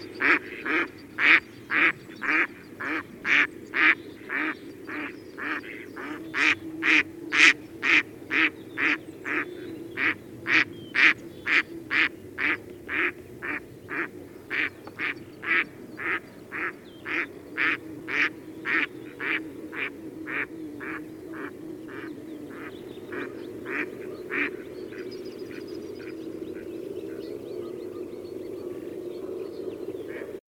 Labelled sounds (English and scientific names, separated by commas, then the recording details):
Mallard (Anas platyrhynchos) call
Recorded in the wild
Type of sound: call
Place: Brunn, Mecklenburg-Vorpommern, DE
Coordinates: 53.662, 13.335
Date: 1981-04-09
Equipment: Nagra III BH, Sennheiser MD 21, parabola
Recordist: Schubert, Michael
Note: Einige Stockenten im Fluge